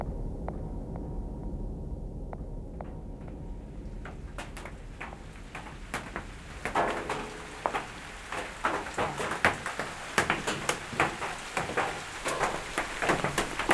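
Rainy ambience: a low, steady rumble runs underneath while sharp drips and taps land on a surface, sparse at first and growing thicker and louder after about four seconds. By the end the taps come in quick, irregular clusters.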